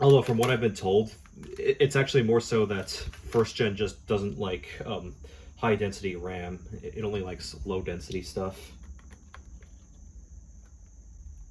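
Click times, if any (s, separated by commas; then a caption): none. A DDR3 laptop memory module is handled over its SO-DIMM slot in a Lenovo ThinkPad X130e while someone talks, with a faint steady high-pitched tone running underneath. Speech fades after about 9 s into a few soft, quiet ticks from about 9.0 to 9.6 s. The module has not seated or clicked into the slot yet.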